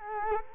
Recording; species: mosquito wingbeat signal from an infrared sensor; Culex quinquefasciatus